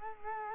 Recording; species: mosquito wingbeat signal from an infrared sensor; Culex quinquefasciatus